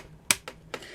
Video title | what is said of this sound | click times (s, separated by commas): Review: Kishiryu Sentai Ryusoulger - Kishiryu Series 07 Ryusoul Gattai: DX Kishiryu Neptune | as you heard it snaps in just nicely well here | 0.3 s